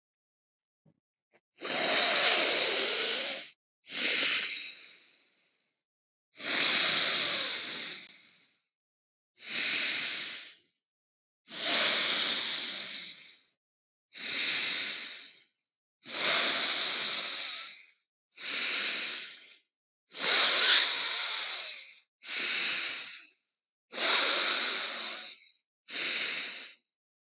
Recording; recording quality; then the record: deep breathing; excellent, no background noise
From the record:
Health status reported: healthy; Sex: male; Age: 33 years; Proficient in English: yes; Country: United States